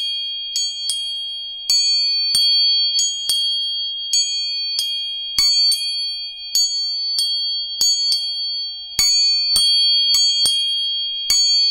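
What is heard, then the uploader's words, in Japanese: Three tuning forks ring together in a steady, bright sustained tone, renewed by sharp metallic strikes roughly every half second to second throughout. Each tap adds a brief clink and high shimmer before the pure tones settle and fade slightly, close and quiet otherwise. 音叉チューニング3本。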